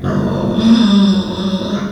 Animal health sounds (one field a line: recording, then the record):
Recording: squeal of a Yucatan mini pig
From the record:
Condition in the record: after surgery on the right vocal fold (resection and tissue-engineered implant)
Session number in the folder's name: 14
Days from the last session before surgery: 133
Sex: female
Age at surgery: 19 weeks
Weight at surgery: 25 kg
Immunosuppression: prednisolone